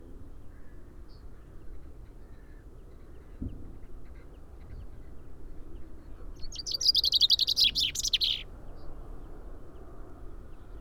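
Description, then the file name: Common chaffinch song: a single bright descending trill of rapid notes ending in a short flourish, about two seconds long, over steady low background rumble. "Fringilla coelebs"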